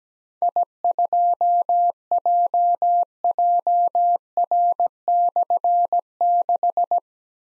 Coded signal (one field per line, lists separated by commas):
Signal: Morse code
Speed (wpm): 17 wpm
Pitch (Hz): 700 Hz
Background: none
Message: I2JJR/6